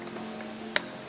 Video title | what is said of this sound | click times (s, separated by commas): PASTRY & BAKERY CLASS - Chef Niken "Choux au Craquelin" | klek. Baru ini dicolokkan ke | 0.8 s